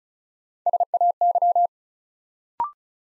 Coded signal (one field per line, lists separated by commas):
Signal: Morse code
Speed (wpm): 35 wpm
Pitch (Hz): 700 Hz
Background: none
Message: SAY